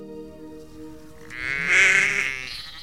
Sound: fx: sheep